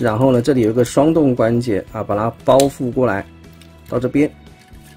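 Someone talks while handling a plastic leg part with a double joint on a Transformers Legacy United Animated Universe Motormaster toy, wrapping it over toward the leg assembly during transformation. Nothing has clipped or seated yet.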